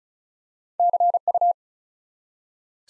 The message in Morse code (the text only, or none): CU